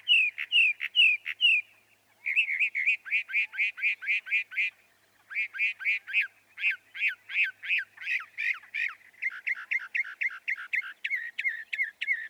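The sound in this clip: Northern mockingbird song: bursts of repeated phrases, each note type repeated several times before switching, with a brief pause near two and five seconds.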